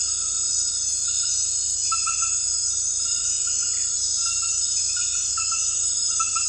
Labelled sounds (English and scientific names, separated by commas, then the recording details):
none
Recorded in dense forest near Puerto Asís, Putumayo, Colombia, on 19 February 2024 at 00:30
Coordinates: 0.484, -76.317
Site G6464